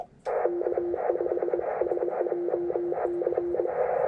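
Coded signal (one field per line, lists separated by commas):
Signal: Morse code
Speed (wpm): 22 wpm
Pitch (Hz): 350 Hz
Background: radio noise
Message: K5SJC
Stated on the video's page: Parks on the Air activation in an Arizona state park, 14 MHz CW, MFJ-1979 telescopic whip vertical on tripod, Vibroplex Bencher BY-2 paddle, battery powered.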